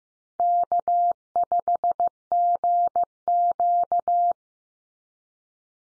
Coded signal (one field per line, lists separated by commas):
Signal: Morse code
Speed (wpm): 15 wpm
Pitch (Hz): 700 Hz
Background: none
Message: K5GQ